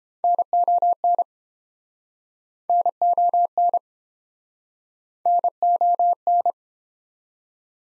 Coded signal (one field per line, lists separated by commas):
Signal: Morse code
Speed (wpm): 32 wpm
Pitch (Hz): 700 Hz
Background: none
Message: NON NON NON